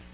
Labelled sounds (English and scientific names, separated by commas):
Black-throated Blue Warbler (Setophaga caerulescens) flight call